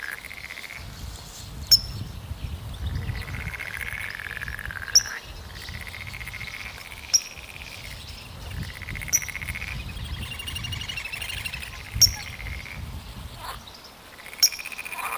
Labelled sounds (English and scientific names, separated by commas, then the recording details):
Eurasian Coot (Fulica atra) alarm call
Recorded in the wild
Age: adult
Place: Berlin, OT Blankenfelde, Berlin, DE
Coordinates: 52.6375, 13.4131
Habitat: gravel-pit lake
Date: 1983-05-29 16:36
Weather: bedeckt, 15°C
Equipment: Nagra SN, Kopie Uher 4000 Monitor Report
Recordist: Tembrock, Günter